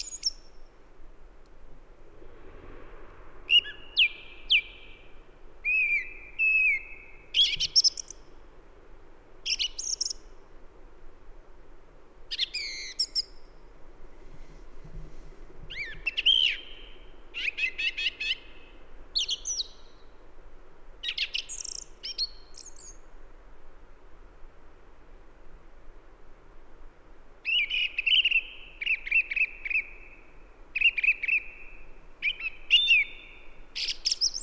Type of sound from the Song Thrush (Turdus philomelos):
song